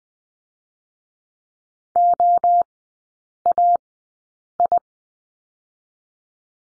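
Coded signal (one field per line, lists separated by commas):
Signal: Morse code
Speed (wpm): 19 wpm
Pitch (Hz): 700 Hz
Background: none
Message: O A I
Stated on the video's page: Morse code course lesson on the letter S, sent at a Farnsworth speed of 20/10 wpm.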